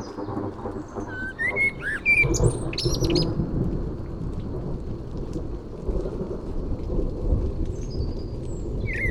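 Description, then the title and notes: Common Blackbird singing a short fluty phrase with a scratchy high flourish, over heavy rumbling thunder and steady rain. Recorded in June 1999 at Massignieu-de-Rives, France, during a thunderstorm; Tascam DAP-1 recorder with Télingua microphone, edited in Samplitude 5.1. "21 Route du Mollard, 01300 Massignieu-de-Rives, France - juin 1999 orage et merle. Merle et orage, puis grillons"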